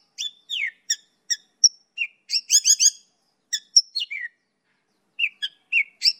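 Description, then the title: Bird song: scattered sharp chirps and clear whistled notes, with a brief burst of fast trills in the middle. Used for training birds. "LuckyBurung MasteranBest"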